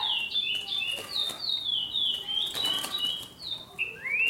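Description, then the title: Green-winged saltator song: a continuous string of clear, slurred whistles alternating down and up in pitch, ending on a rising sweep, with scattered soft tapping clicks in the background. "Trinca Ferro"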